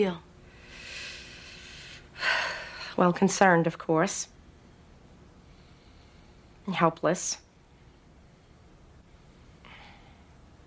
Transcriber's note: none